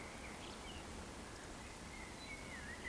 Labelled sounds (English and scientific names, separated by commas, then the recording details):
Eurasian Woodcock (Scolopax rusticola) whistle
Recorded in Baden-Württemberg, Germany, on 15 June 2020 at 19:28 UTC
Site 14569, 102 m above sea level